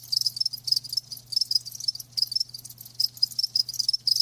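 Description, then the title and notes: Crickets chirping rapidly, sharp high pulses in quick groups, continuing throughout, with a soft low hum beneath. Live crickets chirping, a lulling song. "Live Crickets Chirping. RainManCJ"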